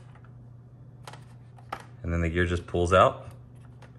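Someone handles the landing gear leg of an Admiral Toys 1:18 plastic ME-262 WWII jet model, pulling it out of its wing bay after the flaps have been popped open. Faint small clicks come at about 1.1 s and 1.7 s, then someone talks from about 2.0 to 3.2 s. The leg has not locked in place yet, and nothing has seated or clicked home.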